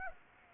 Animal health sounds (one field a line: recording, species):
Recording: mosquito wingbeat signal from an infrared sensor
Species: Aedes aegypti